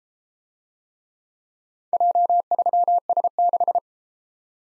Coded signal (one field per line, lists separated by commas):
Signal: Morse code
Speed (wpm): 31 wpm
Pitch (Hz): 700 Hz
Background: none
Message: J3S6